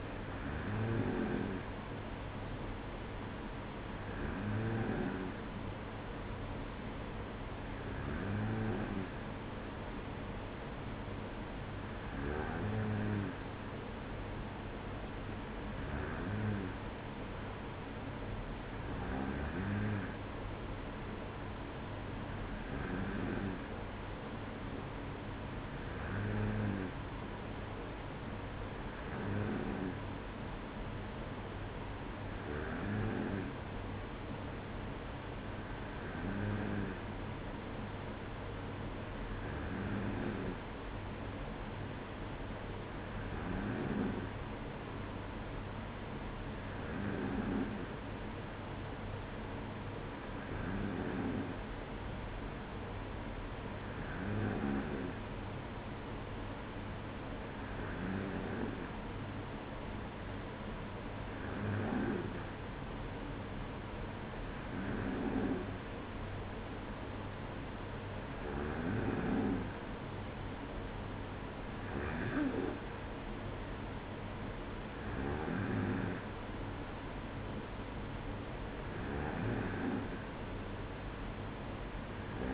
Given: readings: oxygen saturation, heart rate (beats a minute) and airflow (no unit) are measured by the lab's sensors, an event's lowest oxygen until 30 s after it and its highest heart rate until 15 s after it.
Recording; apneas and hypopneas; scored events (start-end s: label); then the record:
breathing in sleep by a voice recorder at the bedside; none
none scored
From the record:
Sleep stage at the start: N2 (light sleep); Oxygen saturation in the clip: 94%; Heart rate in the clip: 54 to 59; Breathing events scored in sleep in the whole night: 305 in 9.6 hours asleep